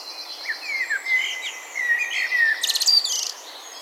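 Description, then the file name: Common blackbird singing low warbled phrases that end in a high squeaky twitter. "Turdus merula"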